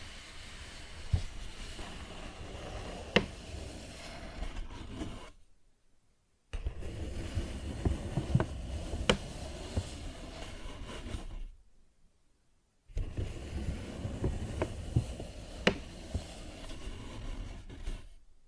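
Paper bag rustling and scratching in three dense bursts of about five seconds each, with sharp taps standing out and short silences between.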